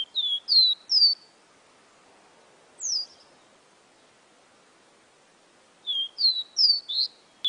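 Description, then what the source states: Seedeater song: a few quick downslurred whistles, a single note after a pause, then another brief burst of clear whistles. Amazon region.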